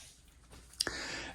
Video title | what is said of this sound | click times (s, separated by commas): Engineered Now Headrest for the Herrmann Miller Aeron Review | and then you get it into place where you want it and click it into place | 0.8 s